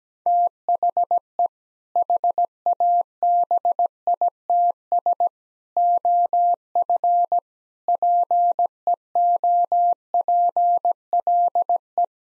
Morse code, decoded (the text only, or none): THE HABITS OF PEOPLE